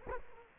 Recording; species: mosquito wingbeat signal from an infrared sensor; Culex quinquefasciatus